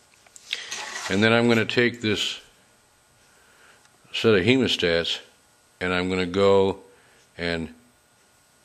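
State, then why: Not seated. Someone talks while handling a pair of steel hemostats, about to clamp them down to hold a 7135 chip onto an LED driver board, with a few faint ticks near the start. The hemostat ratchet has not locked and nothing has seated or clicked yet.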